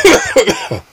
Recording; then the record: coughing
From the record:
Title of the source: Dry Afternoon Cough